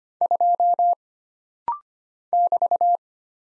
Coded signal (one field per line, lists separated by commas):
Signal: Morse code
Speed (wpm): 25 wpm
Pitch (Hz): 700 Hz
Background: none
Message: 2 <BT>